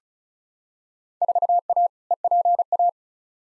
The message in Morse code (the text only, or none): 4A EPA